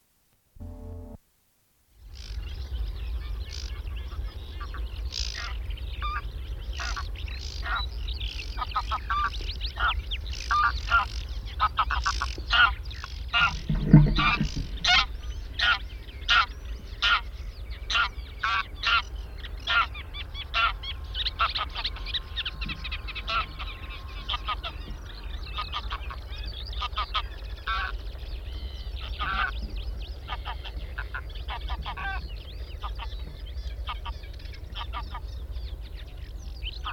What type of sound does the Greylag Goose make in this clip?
call